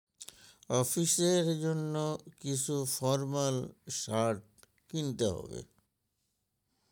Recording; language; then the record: elicited speech; Bengali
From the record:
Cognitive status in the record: dementia